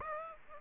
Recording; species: mosquito wingbeat signal from an infrared sensor; Aedes aegypti